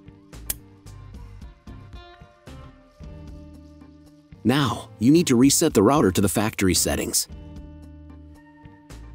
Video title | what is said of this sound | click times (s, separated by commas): ✅ How to Set Up NETGEAR Nighthawk R7800 - NETGEAR Nighthawk X4S AC2600 Smart WiFi Router | Each cable should be inserted until it clicks. | 0.5 s